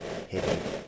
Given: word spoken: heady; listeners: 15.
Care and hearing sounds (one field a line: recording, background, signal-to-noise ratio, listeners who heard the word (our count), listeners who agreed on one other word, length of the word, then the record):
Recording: one English word in noise, from a listening test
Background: noise modulated by three-talker babble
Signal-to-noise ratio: -4.7 dB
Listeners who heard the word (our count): 0 of 15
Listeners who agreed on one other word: 9 of 15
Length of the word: 0.48 s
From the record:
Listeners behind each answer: 9, 3, 3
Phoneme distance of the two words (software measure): 20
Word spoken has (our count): 2 syllables, 4 phonemes, stress on syllable 1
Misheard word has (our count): 2 syllables, 4 phonemes, stress on syllable 1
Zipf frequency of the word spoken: 3.26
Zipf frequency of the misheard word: 4.57